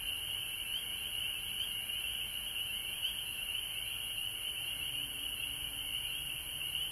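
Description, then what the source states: Frog chorus, a dense, unbroken high trilling that wavers slightly throughout, with a steady high-pitched hiss above it. Recorded at home in Georgia on March 19, 2020.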